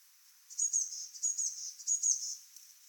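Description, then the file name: Eurasian blue tit calling three times in a row: very high, thin notes slurring into brief churring trills, with a quiet hiss behind. "Cyanistes caeruleus"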